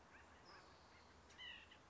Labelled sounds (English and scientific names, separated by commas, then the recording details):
White-breasted Nuthatch (Sitta carolinensis)
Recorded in Sonoma County, California